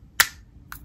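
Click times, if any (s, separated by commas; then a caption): 0.2 s. The magnetic or snap lid of a plastic eyeshadow compact is closed onto its base, giving one sharp, loud click at 0.2 s that rings briefly before fading. A fainter, shorter tick follows at about 0.7 s. The lid snaps shut and is seated.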